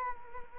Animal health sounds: mosquito wingbeat signal from an infrared sensor; Culex quinquefasciatus

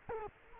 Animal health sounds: mosquito wingbeat signal from an infrared sensor; Culex quinquefasciatus

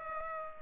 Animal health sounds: mosquito wingbeat signal from an infrared sensor; Culex pipiens

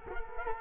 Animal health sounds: mosquito wingbeat signal from an infrared sensor; Culex quinquefasciatus

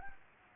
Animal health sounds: mosquito wingbeat signal from an infrared sensor; Anopheles gambiae

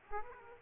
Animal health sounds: mosquito wingbeat signal from an infrared sensor; Aedes aegypti

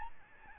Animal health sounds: mosquito wingbeat signal from an infrared sensor; Aedes albopictus

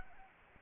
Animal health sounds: mosquito wingbeat signal from an infrared sensor; Anopheles gambiae

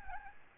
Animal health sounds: mosquito wingbeat signal from an infrared sensor; Aedes albopictus

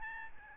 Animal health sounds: mosquito wingbeat signal from an infrared sensor; Aedes albopictus

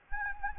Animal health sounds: mosquito wingbeat signal from an infrared sensor; Anopheles arabiensis

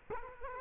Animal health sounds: mosquito wingbeat signal from an infrared sensor; Culex quinquefasciatus

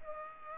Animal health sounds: mosquito wingbeat signal from an infrared sensor; Culex pipiens

